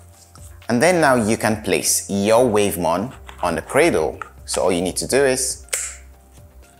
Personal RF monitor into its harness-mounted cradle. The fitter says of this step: place it there you hear a click and there you have it